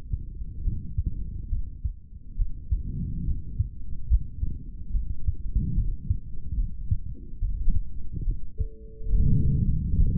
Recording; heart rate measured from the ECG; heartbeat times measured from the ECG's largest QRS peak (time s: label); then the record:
heart sounds by stethoscope; 71 bpm
0.62 s: heartbeat
1.49 s: heartbeat
2.36 s: heartbeat
3.24 s: heartbeat
4.08 s: heartbeat
4.92 s: heartbeat
5.74 s: heartbeat
6.56 s: heartbeat
7.39 s: heartbeat
8.24 s: heartbeat
9.10 s: heartbeat
9.95 s: heartbeat
From the record:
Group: healthy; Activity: rest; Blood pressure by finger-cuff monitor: 111/78 mmHg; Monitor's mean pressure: 88 mmHg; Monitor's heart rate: 71 bpm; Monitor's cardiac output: 3.4 L/min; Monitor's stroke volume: 47 mL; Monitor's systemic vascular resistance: 1940 dyn s/cm5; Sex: male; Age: 55 years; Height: 167 cm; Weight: 57.2 kg